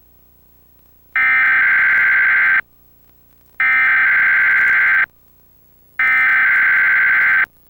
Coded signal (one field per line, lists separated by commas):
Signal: Emergency Alert System (SAME) tones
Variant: header bursts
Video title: Emergency Alert System Test (KALB-TV 5) - July 27, 2004 [with RARE TD moment]